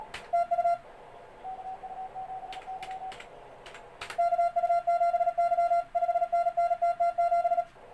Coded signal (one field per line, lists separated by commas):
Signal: Morse code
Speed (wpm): 37 wpm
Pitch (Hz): 690 Hz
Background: none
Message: TU KU7Y 5NN TT7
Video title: Morse Code Receiving practice with Morse Runner.